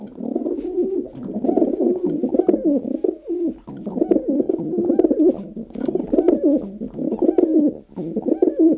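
Dove cooing: low, throaty rolling coos run almost continuously, broken by brief pauses near three and a half and eight seconds.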